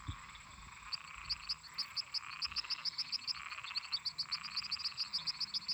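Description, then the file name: Toads croaking in a night chorus, blocky calls beneath a rapid high pulsing of insects and a steady high-pitched insect hum. Toads singing at night together with crickets and cicadas. "Grilos cigarras e sapos cantando a noite"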